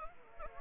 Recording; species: mosquito wingbeat signal from an infrared sensor; Anopheles gambiae